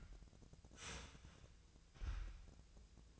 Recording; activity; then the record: daily activity, microphone in the room; start toaster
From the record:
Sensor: 2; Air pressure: 1000.0 hPa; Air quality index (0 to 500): 150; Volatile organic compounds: 2 ppm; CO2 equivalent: 1271 ppm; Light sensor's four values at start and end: 26/65/28/30 and 26/65/28/30